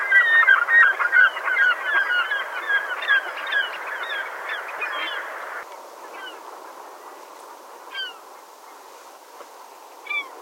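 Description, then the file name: Glaucous gull calls, many harsh, honking notes overlapping in a rapid, busy chorus for about five seconds, then a few scattered, thinner cries over a steady background hiss. "POLARMÅKE"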